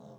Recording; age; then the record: pig call; piglet (1 to 25 days)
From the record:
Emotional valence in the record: negative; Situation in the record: short isolation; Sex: female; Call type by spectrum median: low-frequency call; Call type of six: low-frequency stable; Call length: 0.19 s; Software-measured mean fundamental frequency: 65 Hz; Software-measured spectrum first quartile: 187 Hz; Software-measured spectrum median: 383 Hz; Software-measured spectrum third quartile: 666 Hz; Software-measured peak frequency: 149 Hz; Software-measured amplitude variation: 87 dB a second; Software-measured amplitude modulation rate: 18.2 a second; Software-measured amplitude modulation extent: 4.8 dB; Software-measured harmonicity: -1.0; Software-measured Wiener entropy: 0.26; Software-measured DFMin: 1473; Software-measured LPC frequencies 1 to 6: 575, 3788, 5493, 6310, 7796, 9421 Hz